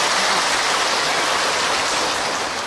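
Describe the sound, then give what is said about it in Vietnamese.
Steady, dense audience applause with no speech, a broad crackling wash of many hands clapping at an even, sustained loudness throughout, given as thanks to the Buddhist audience at a dharma talk. “Sư rất là tán thán, rất là cảm động, và xin cho một tràng pháo tay cảm ơn đạo tràng.”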